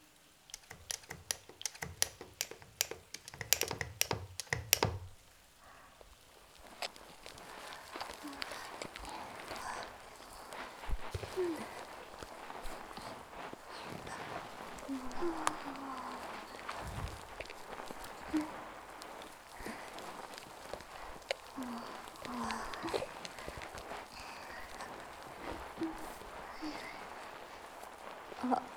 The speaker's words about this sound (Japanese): こうなったら腹くくった。ボディーソープの音聞かせてあげる。